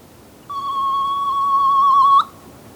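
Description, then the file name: Soft-plumaged petrel uttering one long, drawn-out whistle of nearly two seconds, steady in pitch with a brief upward flick at the close, clear above soft hiss. "Soft plumaged Petrel Pterodroma mollis"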